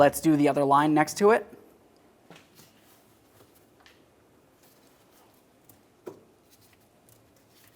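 Someone talks briefly, then a second fuel line quick-connect is handled next to the first on the fuel tank module of a 2000-2006 Chevrolet Tahoe during a fuel pump module assembly replacement. Only faint scrapes and small taps follow, with a sharper tap near 6.1 s. Nothing has seated or clicked yet.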